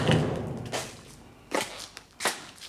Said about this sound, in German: Das ist ein Klopfen.